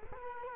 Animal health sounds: mosquito wingbeat signal from an infrared sensor; Culex quinquefasciatus

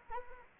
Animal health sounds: mosquito wingbeat signal from an infrared sensor; Anopheles arabiensis

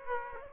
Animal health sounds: mosquito wingbeat signal from an infrared sensor; Aedes aegypti

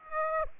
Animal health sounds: mosquito wingbeat signal from an infrared sensor; Aedes aegypti

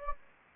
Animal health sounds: mosquito wingbeat signal from an infrared sensor; Anopheles gambiae

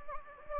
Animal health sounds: mosquito wingbeat signal from an infrared sensor; Anopheles gambiae

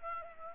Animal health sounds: mosquito wingbeat signal from an infrared sensor; Aedes aegypti

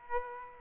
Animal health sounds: mosquito wingbeat signal from an infrared sensor; Aedes aegypti

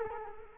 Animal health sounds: mosquito wingbeat signal from an infrared sensor; Culex quinquefasciatus

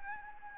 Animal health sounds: mosquito wingbeat signal from an infrared sensor; Anopheles gambiae

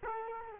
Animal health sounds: mosquito wingbeat signal from an infrared sensor; Culex quinquefasciatus

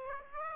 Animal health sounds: mosquito wingbeat signal from an infrared sensor; Aedes aegypti

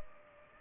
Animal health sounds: mosquito wingbeat signal from an infrared sensor; Culex pipiens

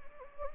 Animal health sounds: mosquito wingbeat signal from an infrared sensor; Anopheles gambiae

